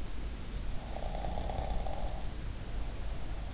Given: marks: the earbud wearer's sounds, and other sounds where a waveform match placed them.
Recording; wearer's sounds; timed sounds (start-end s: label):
sounds in sleep by an in-ear microphone; snoring breath
0.80-3.46 s: snoring breath